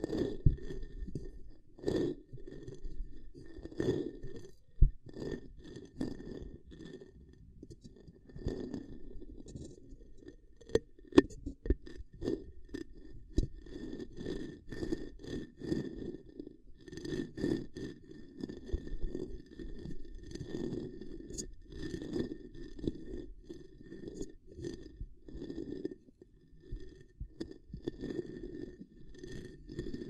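Ear cupping triggers: muffled, hollow rubbing and cupping sounds that swell and fade in irregular bursts, mostly low and dull. Sharp clicks and taps pop out now and then, notably around 5 and 11 seconds, over a thin, steady high whine.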